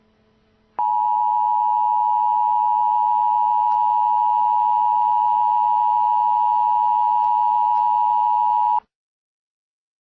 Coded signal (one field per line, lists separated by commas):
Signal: Emergency Alert System (SAME) tones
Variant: 853 and 960 Hz attention tone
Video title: Tornado Outbreak EAS Scenario: US East Coast